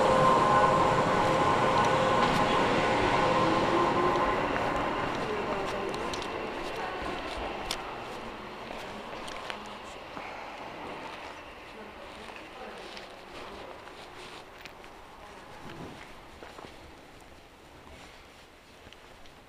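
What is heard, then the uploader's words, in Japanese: A Sangi Railway train on the Sangi Line rolls along with a dense, churning rumble and a steady high whine during the first few seconds. The noise then fades gradually as the run eases, leaving quieter rattling with scattered clicks and clanks. 三岐鉄道三岐線 西藤原→北勢中央公園口。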